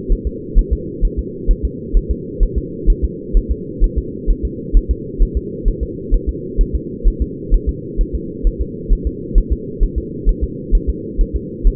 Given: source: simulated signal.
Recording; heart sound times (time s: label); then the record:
fetal heart sounds
0.12 s: S1
0.27 s: S2
0.59 s: S1
0.73 s: S2
1.05 s: S1
1.19 s: S2
1.51 s: S1
1.65 s: S2
1.97 s: S1
2.11 s: S2
2.43 s: S1
2.58 s: S2
2.90 s: S1
3.04 s: S2
3.37 s: S1
3.51 s: S2
3.84 s: S1
3.98 s: S2
4.30 s: S1
4.45 s: S2
4.77 s: S1
4.91 s: S2
5.22 s: S1
5.37 s: S2
5.68 s: S1
5.83 s: S2
6.14 s: S1
6.29 s: S2
6.61 s: S1
6.75 s: S2
7.08 s: S1
7.22 s: S2
7.54 s: S1
7.69 s: S2
8.01 s: S1
8.15 s: S2
8.47 s: S1
8.61 s: S2
8.92 s: S1
9.07 s: S2
9.38 s: S1
9.52 s: S2
9.83 s: S1
9.98 s: S2
10.29 s: S1
10.43 s: S2
10.75 s: S1
10.89 s: S2
11.21 s: S1
11.36 s: S2
11.67 s: S1
From the record:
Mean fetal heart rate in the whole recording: 130 bpm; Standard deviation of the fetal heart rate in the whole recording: 2 bpm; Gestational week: 38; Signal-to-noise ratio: -4.1 dB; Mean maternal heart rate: no maternal heart sound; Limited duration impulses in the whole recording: absent